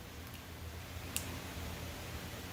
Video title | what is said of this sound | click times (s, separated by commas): DIY Building a Custom Body Wire Harness with wire tuck Part 1 | you hear a little click | 1.2 s